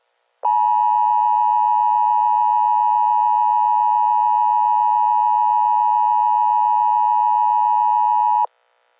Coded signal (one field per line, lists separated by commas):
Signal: Emergency Alert System (SAME) tones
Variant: 853 and 960 Hz attention tone